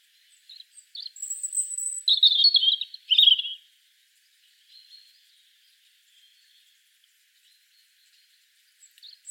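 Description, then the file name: European robin singing one rich phrase of twittering notes with a high drawn whistle and a fast trill, followed by faint, soft warbles and near silence. "Erithacus rubecula"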